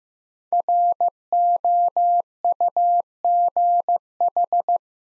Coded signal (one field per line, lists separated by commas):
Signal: Morse code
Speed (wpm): 15 wpm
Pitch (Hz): 700 Hz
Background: none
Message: ROUGH